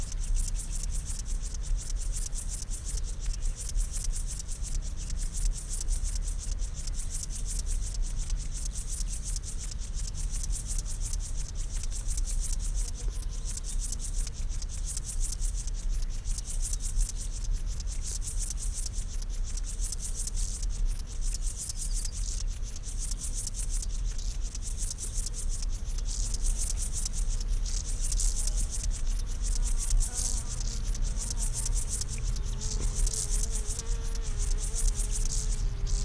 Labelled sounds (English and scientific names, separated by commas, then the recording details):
Upland Field Grasshopper (Chorthippus apricarius)
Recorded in the wild
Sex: male
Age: imago
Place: Blankenfelde, Berlin, DE
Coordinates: 52.6, 13.4
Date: 1991-10-06 11:50
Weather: sonnig, Schatten: 25,3 °C, Sonne: 30,4°C
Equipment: Marantz CP 430, Sennheiser ME 80, K 30 AV, Kopie Tesla B 116
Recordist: Tembrock, Günter